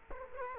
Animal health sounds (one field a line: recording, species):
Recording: mosquito wingbeat signal from an infrared sensor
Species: Culex quinquefasciatus